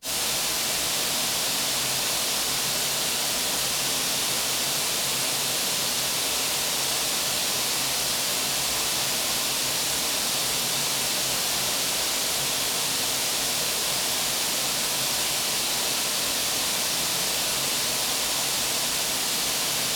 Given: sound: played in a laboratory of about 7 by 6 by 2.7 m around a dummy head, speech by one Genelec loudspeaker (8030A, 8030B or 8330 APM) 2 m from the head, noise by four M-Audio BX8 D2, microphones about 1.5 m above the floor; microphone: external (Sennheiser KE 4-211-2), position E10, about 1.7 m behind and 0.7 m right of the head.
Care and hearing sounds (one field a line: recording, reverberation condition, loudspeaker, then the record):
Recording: white noise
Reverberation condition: high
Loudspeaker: four, about 170 cm from the corners of the room and facing them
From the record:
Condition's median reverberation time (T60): about 1300 ms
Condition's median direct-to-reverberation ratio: about -4.0 dB